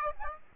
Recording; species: mosquito wingbeat signal from an infrared sensor; Aedes aegypti